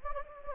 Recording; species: mosquito wingbeat signal from an infrared sensor; Anopheles gambiae